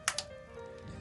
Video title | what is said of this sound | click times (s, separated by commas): Tokyo Marui Type 89 - My Thoughts | extremely solid no complaints whatsoever but you just pop that in | 0.1 s, 0.2 s